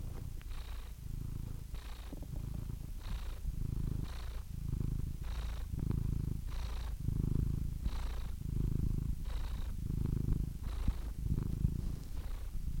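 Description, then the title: Domestic cat purring in a continuous low rumble, with regular breath pulses and a soft hiss at each breath. Compilation of domestic cats from kittens to old cats. "The Ultimate Compilation of Adorable Cat Meows 🐱😺 #CatMeows #CuteKittens"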